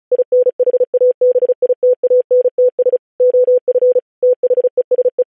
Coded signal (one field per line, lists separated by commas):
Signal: Morse code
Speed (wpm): 36 wpm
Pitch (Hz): 500 Hz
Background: none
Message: INHABITANTS OF THESE